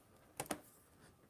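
The plastic bottom cover of a Lenovo Legion 7 15" gaming laptop is pressed down around the chassis so its remaining clips engage. Two sharp clicks are heard at 0.4 s and 0.5 s, with a fainter tick between them. The remaining clips snap home and the cover is seated.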